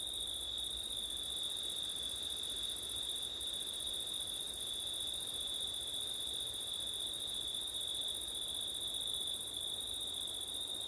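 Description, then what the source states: Crickets trilling together in a shrill drone, two high bands of sound, the upper one briefly breaking twice near the start, with light background hiss. Crickets on a September night, with wind; ortif (ORTF) microphone setup.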